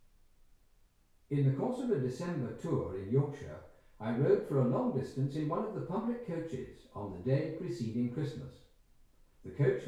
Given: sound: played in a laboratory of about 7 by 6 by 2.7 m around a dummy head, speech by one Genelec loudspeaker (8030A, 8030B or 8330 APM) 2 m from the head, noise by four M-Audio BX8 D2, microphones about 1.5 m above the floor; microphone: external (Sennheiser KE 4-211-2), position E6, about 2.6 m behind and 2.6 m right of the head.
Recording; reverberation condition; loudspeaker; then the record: male speech in English; medium; 150 degrees to the right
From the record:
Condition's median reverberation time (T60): about 510 ms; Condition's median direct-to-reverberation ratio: about -0.5 dB